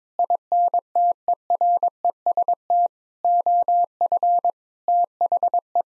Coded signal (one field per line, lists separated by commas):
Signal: Morse code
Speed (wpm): 22 wpm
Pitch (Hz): 700 Hz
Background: none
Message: INTEREST OF THE